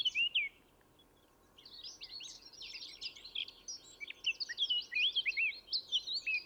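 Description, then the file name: Eurasian blackcap song: a brief whistled note, a pause, then quick jumbled warbling that grows into clearer fluty whistled notes near the end, over faint background hiss. "Sylvia atricapilla"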